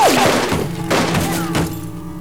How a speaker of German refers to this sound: Ich stieg ihr nach und verschloss die Luke hinter uns. Im selben Moment sprang die Tür zur Waschküche auf.